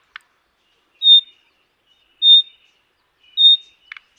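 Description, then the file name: Common nightingale calls: three short, clear whistled notes about a second apart, with dry clicking ticks at the start and end. "Luscinia megarhynchos"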